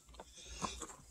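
After a spark plug change during maintenance on a Harbor Freight Predator 3500W portable generator with 1000 hours on it, the rubber spark plug wire boot is pushed back onto the plug terminal. Faint handling rustles come first, then one sharp snap at 0.6 s as the boot seats fully, followed by a softer tick at about 0.8 s. It is pushed until it clicks because a boot that is not fully on can pop off hours later and stop the generator.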